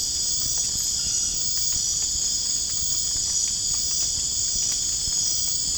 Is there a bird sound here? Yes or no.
no